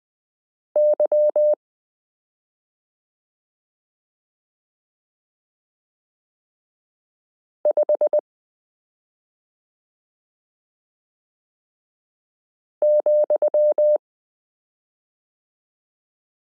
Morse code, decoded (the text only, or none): Y5,